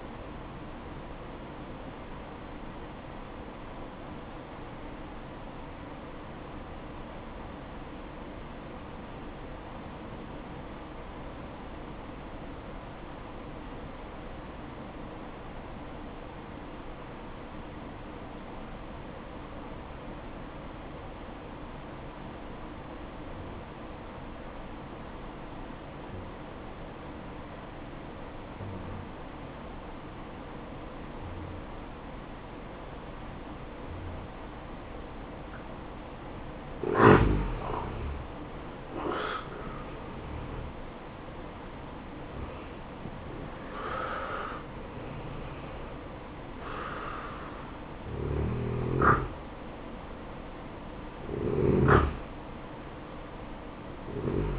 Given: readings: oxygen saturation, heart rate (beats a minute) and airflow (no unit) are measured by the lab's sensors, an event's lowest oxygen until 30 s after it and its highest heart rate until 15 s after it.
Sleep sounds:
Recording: breathing in sleep by a voice recorder at the bedside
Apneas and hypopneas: 1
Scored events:
4.00-38.50 s: obstructive apnea (N1, oxygen 96% highest, then 86% lowest, heart rate 60 at the start, 72 highest)
From the record:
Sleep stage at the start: N1 (lightest sleep)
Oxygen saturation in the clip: 85 to 96%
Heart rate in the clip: 59 to 72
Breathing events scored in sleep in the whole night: 573 in 9.8 hours asleep

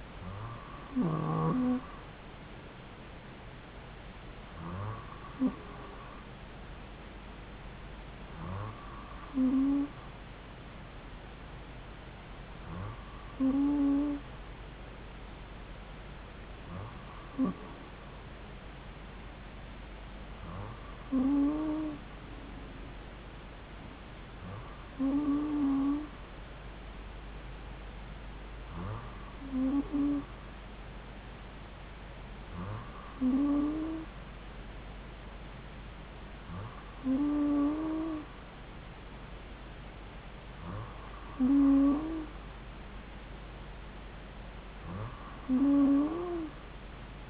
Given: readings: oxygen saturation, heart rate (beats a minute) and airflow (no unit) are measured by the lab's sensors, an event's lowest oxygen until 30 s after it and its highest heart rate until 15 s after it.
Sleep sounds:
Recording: breathing in sleep by a voice recorder at the bedside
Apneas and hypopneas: none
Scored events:
none scored
From the record:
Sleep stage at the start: N2 (light sleep)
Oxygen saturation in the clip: 94%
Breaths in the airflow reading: 12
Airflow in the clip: -2.5 to 2.0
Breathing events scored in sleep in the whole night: 270 in 6.1 hours asleep

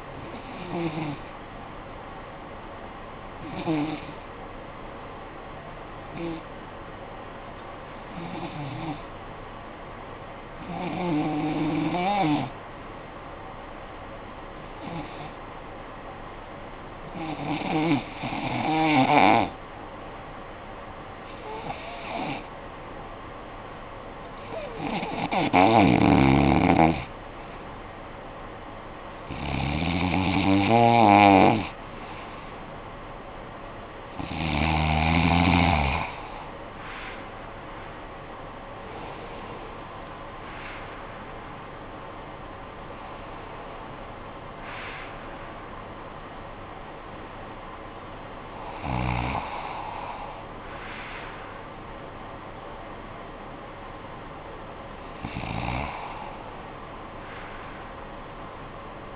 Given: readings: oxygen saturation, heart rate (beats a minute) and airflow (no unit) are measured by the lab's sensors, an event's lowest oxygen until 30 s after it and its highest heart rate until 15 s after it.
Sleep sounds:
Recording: breathing in sleep by a voice recorder at the bedside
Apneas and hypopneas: 1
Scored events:
4.00-27.90 s: hypopnea (REM, oxygen 95% highest, then 86% lowest, heart rate 54 at the start, 77 highest)
From the record:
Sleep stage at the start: REM sleep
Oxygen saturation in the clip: 86 to 95%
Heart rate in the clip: 51 to 79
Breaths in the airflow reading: 14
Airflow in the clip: -14.5 to 15.1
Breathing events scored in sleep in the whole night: 445 in 7.6 hours asleep

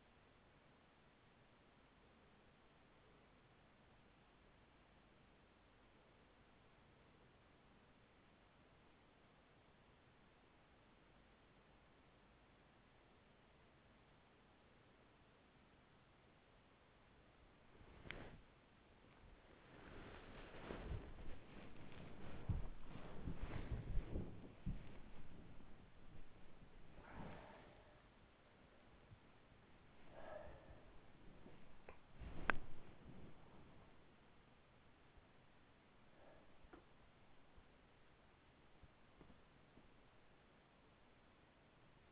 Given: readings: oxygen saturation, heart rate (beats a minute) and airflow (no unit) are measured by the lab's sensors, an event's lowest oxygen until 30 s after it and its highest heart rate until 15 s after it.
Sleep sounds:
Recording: breathing in sleep by a voice recorder at the bedside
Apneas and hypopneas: 1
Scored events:
6.00-20.90 s: hypopnea (N2, oxygen 95% highest, then 94% lowest, heart rate 46 at the start, 76 highest)
22.00-42.12 s: new sleep stage, awake
33.00-42.12 s: awake
From the record:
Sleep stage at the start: N2 (light sleep)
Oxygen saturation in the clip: 94 to 96%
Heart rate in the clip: 42 to 79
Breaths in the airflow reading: 8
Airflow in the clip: -5.6 to 9.8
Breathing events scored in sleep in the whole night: 207 in 7.6 hours asleep

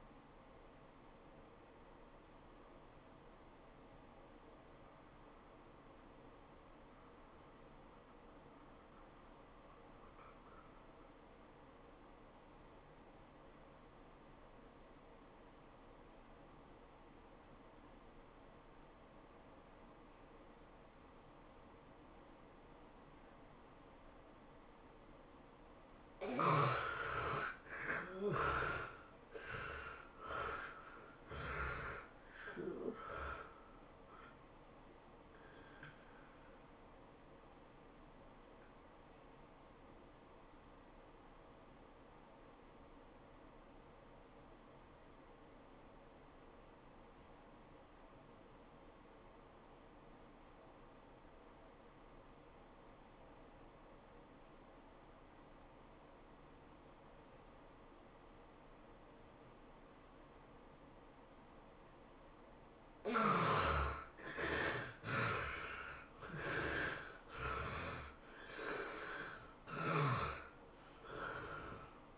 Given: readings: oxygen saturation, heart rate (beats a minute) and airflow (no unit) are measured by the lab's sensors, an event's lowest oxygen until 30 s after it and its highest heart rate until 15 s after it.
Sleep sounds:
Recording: breathing in sleep by a voice recorder at the bedside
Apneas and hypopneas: 2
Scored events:
3.00-28.80 s: obstructive apnea (N2, oxygen 96% highest, then 69% lowest, heart rate 97 at the start, 109 highest)
36.00-72.18 s: new sleep stage, N1 (lightest sleep)
39.00-62.70 s: obstructive apnea (N1, oxygen 89% highest, then 69% lowest, heart rate 92 at the start, 109 highest)
From the record:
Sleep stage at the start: N2 (light sleep)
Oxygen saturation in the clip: 69 to 96%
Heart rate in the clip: 78 to 109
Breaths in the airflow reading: 9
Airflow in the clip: -15.5 to 16.8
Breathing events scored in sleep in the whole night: 403 in 5.5 hours asleep

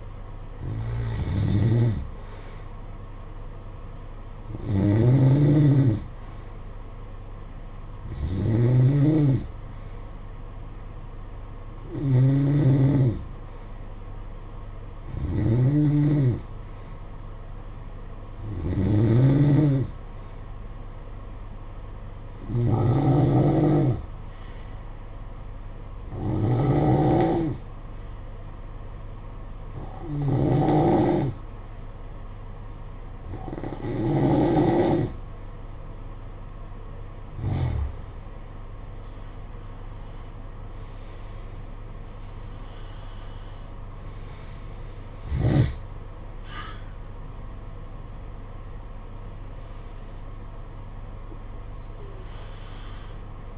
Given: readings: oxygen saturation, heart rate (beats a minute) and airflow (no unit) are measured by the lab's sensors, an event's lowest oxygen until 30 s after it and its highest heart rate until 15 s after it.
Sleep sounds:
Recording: breathing in sleep by a smartphone at the bedside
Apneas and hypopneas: 1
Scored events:
19.00-40.40 s: hypopnea (N3, oxygen 93% highest, then 90% lowest, heart rate 56 at the start, 65 highest)
23.00-53.58 s: new sleep stage, N2 (light sleep)
From the record:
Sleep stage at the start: N3 (deep sleep)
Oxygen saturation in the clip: 91 to 93%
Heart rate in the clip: 55 to 65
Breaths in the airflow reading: 14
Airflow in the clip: -10.0 to 10.9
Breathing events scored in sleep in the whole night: 476 in 9.7 hours asleep

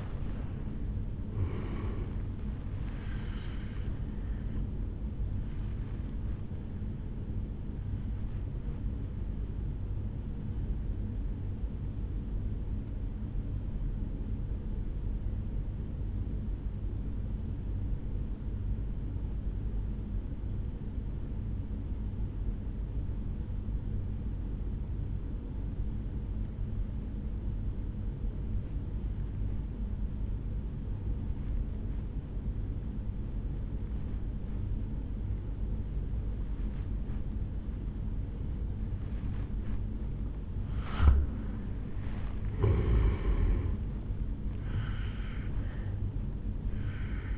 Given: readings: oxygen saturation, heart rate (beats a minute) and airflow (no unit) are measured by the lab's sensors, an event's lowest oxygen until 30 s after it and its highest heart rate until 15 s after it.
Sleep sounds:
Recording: breathing in sleep by a smartphone at the bedside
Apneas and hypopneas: 1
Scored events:
14.00-42.10 s: obstructive apnea (N1, oxygen 96% highest, then 83% lowest, heart rate 56 at the start, 73 highest)
20.00-47.38 s: new sleep stage, N2 (light sleep)
From the record:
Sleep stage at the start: N1 (lightest sleep)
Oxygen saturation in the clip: 83 to 96%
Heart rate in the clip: 53 to 76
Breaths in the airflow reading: 3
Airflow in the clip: -11.5 to 8.1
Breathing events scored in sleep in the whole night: 449 in 7.0 hours asleep

